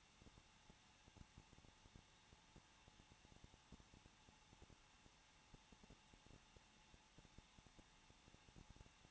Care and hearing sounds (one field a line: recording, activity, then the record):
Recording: daily activity, microphone in the room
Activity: no activity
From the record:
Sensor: 1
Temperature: 20.1 degrees Celsius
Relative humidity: 39.2%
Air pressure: 1006.3 hPa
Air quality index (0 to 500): 218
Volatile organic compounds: 78 ppm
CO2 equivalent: 3594 ppm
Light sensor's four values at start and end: 1/2/1/1 and 1/2/1/1